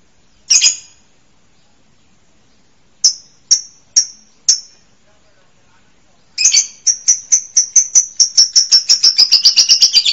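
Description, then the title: Bird calls: a lone high chip, a short run of four chips, then a rapid series that speeds up into a ringing trill by the end. Masteran, a tutor recording used to train songbirds. "LuckyBurung MasteranBest"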